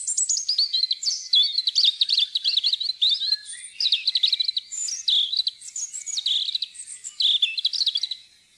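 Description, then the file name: European robin singing a fast, varied stream of high tinkling notes, short trills and wavering whistles that barely pauses throughout. Recorded in Norway. "roedstrupe"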